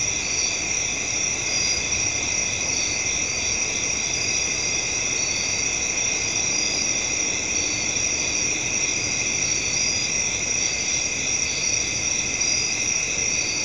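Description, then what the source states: Cricket chorus of steady high-pitched trilling, many insects overlapping in an unbroken pulsing drone with a faint hiss beneath. Crickets at night.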